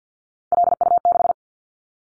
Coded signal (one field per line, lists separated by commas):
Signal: Morse code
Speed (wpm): 48 wpm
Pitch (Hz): 700 Hz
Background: none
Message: LU6